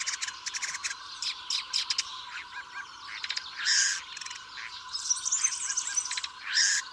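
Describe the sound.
Birds calling in a busy chorus, with rapid high chirps and buzzy bursts overlapping throughout and a few louder, harsher bursts near the middle and end.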